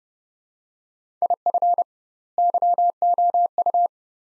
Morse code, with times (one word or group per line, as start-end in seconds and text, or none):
1.2-1.8 IF
2.4-3.9 YOU